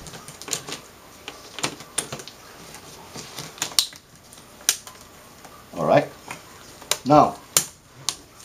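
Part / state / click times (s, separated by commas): plastic retaining clips of an LCD panel frame / seated / 7.6 s, 8.1 s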